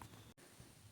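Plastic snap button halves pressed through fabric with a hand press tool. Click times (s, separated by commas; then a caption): 0.0 s. A hand press tool squeezes plastic snap button halves together through fabric, joining the spiked locking part below the fabric with the round cap above it. A short, sharp hit at 0.0 s marks the press, followed by a brief near-silent dip and low background noise. The snap button is seated, neatly locked onto the fabric.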